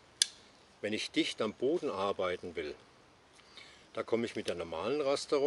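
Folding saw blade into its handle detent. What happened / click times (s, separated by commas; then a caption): The folding blade snapped into a detent / 0.2 s. A folding saw blade is folded into an extra detent position in its handle, meant for working close to the ground. The blade locks into the detent with a single sharp click at 0.2 s, and then someone talks.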